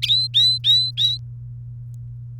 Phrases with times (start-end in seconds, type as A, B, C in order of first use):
0.02-1.18 A